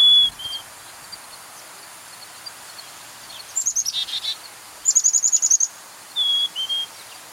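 Bird song mixing a two-note whistle, a descending jumble of chirps and a quick high trill, ending with the two-note whistle again.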